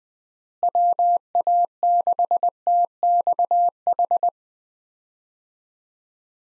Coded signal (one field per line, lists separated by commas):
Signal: Morse code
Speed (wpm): 21 wpm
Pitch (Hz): 700 Hz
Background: none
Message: WA6TXH